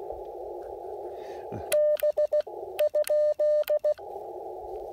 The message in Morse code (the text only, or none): B?